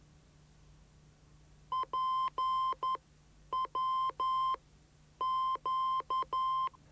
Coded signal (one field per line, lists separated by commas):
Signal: Morse code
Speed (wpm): 11 wpm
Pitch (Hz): 1040 Hz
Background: none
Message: P W Q